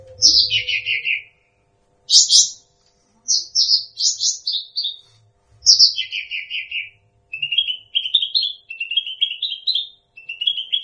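Bird song with buzzy descending notes followed by a long string of rising chirps, phrases coming in quick succession.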